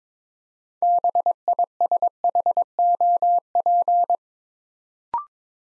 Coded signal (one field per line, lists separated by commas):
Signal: Morse code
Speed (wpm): 23 wpm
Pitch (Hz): 700 Hz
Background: none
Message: BISHOP